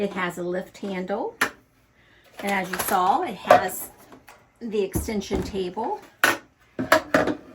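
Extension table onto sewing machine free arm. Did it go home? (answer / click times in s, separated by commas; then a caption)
yes / 6.9 s. The plastic extension table and storage box of a Janome sewing machine slides onto the machine's free arm while someone talks. A sharp snap at 6.9 s shows the table has seated in place.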